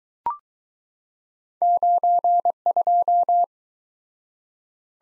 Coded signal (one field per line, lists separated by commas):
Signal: Morse code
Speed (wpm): 22 wpm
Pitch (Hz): 700 Hz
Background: none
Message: 92